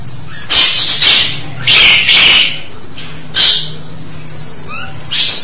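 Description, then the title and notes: Starling song: loud bursts of harsh, buzzy chatter separated by short pauses, with a few thin whistles near the end. "suara burung jalak"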